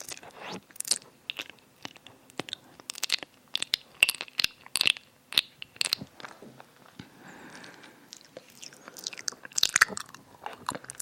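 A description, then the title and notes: Wet, crunchy eating and mouth sounds, with quick clicky bites and chews in irregular bursts, and a quieter, softer stretch near the eighth second. ASMR EAR EATING [tingly mouth sounds].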